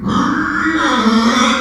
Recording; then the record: squeal of a Yucatan mini pig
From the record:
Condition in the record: after surgery on the right vocal fold (resection and tissue-engineered implant); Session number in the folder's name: 16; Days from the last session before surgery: 183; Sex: female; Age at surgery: 19 weeks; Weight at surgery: 25 kg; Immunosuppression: prednisolone